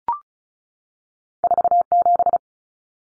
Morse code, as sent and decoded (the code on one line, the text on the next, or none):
....- --...
47